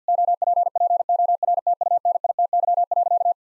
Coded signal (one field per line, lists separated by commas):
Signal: Morse code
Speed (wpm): 50 wpm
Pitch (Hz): 700 Hz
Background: none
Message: OPPORTUNITY.